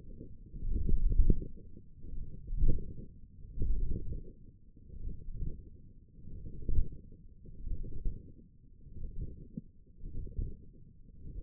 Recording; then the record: forearm muscle sounds (acoustic myography)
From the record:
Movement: wrist flexion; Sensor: system 1, eight BSWA MPA416 microphones around the upper forearm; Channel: 5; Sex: male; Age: 21 years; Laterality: right